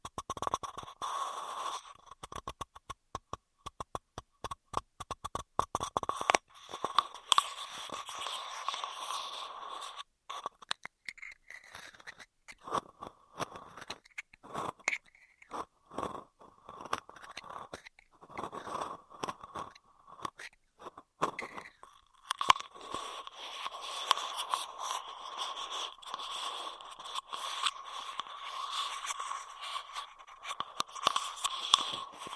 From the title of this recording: Intense Straw Triggers